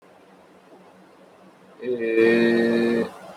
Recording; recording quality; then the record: sustained vowel as in made; excellent, no background noise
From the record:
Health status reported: COVID-19 positive, no symptoms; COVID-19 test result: positive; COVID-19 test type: RT-PCR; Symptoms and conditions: cough, cold, sore throat, fever, fatigue, asthma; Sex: male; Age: 20 years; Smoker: no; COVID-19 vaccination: both doses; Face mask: worn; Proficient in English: yes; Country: India